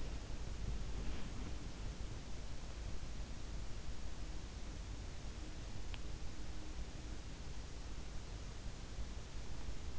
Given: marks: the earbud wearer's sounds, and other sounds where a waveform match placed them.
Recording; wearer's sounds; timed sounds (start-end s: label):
sounds in sleep by an in-ear microphone; body movement
0.00-2.14 s: body movement